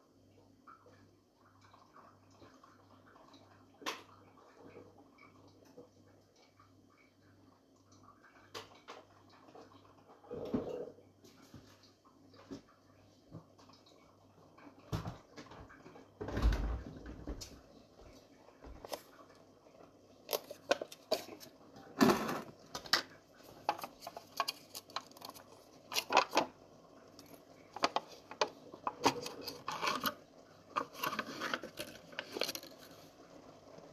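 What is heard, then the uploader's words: Kitchen cooking with a low steady hum, scattered knocks and clatters, a loud burst near sixteen seconds, then denser sharp chopping-like clicks. ASMR Cooking. Chopping vegetables, frying onions, pouring water and so forth.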